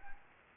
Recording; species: mosquito wingbeat signal from an infrared sensor; Anopheles gambiae